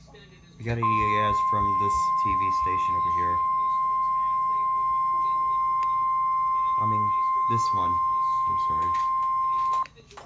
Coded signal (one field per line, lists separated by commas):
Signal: Emergency Alert System (SAME) tones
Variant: 1050 Hz attention tone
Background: speech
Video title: EAS Alerts In Eastern time part 1